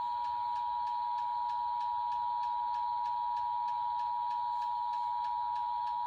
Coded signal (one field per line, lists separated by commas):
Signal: Emergency Alert System (SAME) tones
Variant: 853 and 960 Hz attention tone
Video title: Severe Weather Awareness Week EAS test